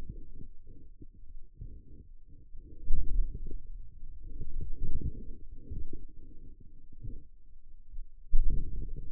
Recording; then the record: forearm muscle sounds (acoustic myography)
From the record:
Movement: wrist flexion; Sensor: system 2, bracelet of six BSWA MPA416 microphones around the upper forearm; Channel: 6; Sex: male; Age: 22 years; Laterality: right